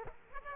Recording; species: mosquito wingbeat signal from an infrared sensor; Aedes aegypti